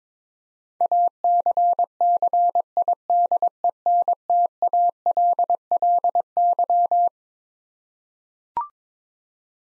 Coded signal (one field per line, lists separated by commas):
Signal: Morse code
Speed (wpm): 22 wpm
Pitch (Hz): 700 Hz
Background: none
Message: ACCIDENTALLY